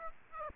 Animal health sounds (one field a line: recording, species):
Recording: mosquito wingbeat signal from an infrared sensor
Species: Aedes aegypti